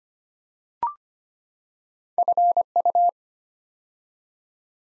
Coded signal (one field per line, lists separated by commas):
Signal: Morse code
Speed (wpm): 25 wpm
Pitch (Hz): 700 Hz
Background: none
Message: FU